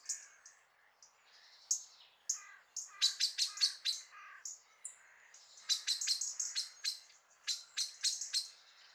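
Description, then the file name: Common blackbird calls: sharp, hard chinking notes in quick irregular bursts, with a brief thin high whistle and softer chattering notes between them. "Turdus merula"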